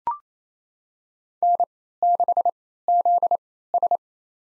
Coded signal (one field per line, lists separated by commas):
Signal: Morse code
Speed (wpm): 28 wpm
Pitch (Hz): 700 Hz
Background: none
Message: N6ZS